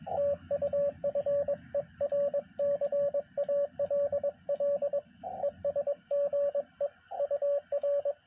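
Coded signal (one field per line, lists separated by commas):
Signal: Morse code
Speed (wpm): 21 wpm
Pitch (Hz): 560 Hz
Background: radio noise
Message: TU FER CALL ES GE UR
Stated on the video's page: CW Parks on the Air activation from a national forest.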